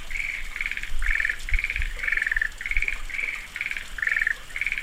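Frog calling in short, pulsed, grating notes about twice a second in a regular rhythm, with low thuds in the background.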